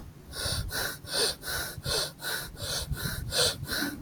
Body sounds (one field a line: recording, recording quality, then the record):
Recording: shallow breathing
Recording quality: excellent, no background noise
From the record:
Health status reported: healthy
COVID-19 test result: not tested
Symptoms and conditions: none ticked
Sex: male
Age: 25 years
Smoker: not ticked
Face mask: not worn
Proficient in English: yes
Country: India